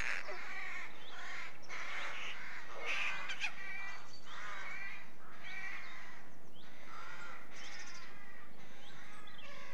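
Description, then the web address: Rooks at a colony, a steady overlapping clamour of raspy caws and croaks from many birds throughout, with no pauses between calls. A rookery, with the birds at their nests. "BBC Sound Effects Library. Rookery"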